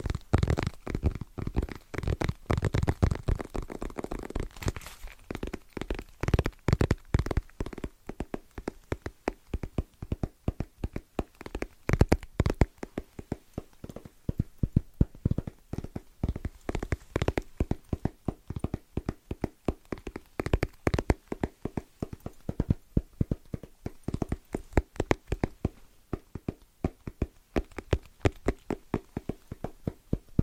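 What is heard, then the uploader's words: Fast, rhythmic tapping on assorted objects runs for the whole clip as dense bursts of sharp clicks and knocks. The first few seconds carry a fuller, lower thump under the taps, then the pattern turns lighter, quicker and more clipped. ASMR Fast & Rhythmic Tapping on Random Objects (No Talking).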